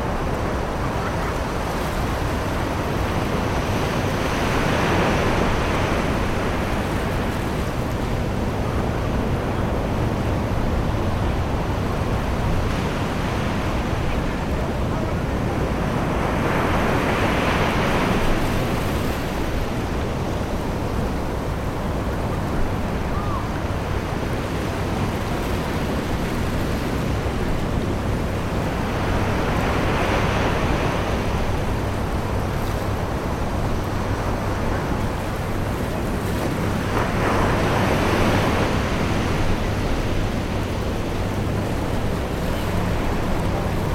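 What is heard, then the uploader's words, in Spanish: Sounds of a beach: a continuous wash of surf with waves breaking and swelling at irregular intervals, roughly every five to eight seconds, around 5, 17, 30 and 38 seconds. A low, steady rumble runs underneath, and the overall level stays even throughout. Serenidad de verano en los sonidos del sueño en la playa. Una playa secreta en un día de verano.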